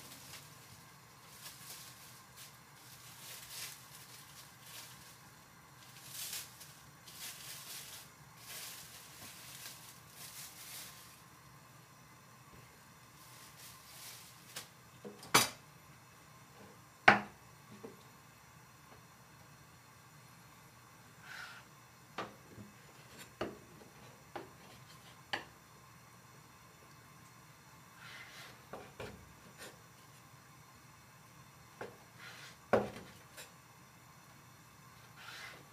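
A quiet, low steady hum, scattered soft knocks, and a few sharp dish clinks around the middle and near the end.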